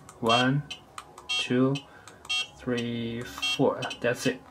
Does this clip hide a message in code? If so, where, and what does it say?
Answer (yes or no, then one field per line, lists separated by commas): no